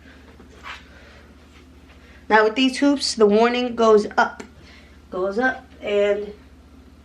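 The two frames of an embroidery hoop are being handled for clamping around a garment and its stabilizer while someone talks over a faint, steady low hum. Nothing has snapped into place or seated yet.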